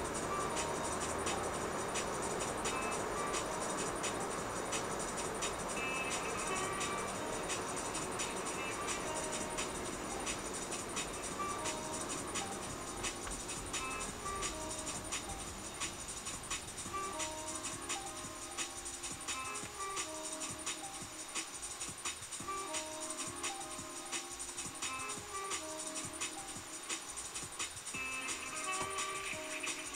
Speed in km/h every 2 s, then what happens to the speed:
53, 56, 54, 50, 48, 43, 32, 23, 17, 8, 2, 0, 0, 0, 0.
0-5 steady at about 54. 5-20 slows to 2. 20-30 standing.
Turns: none.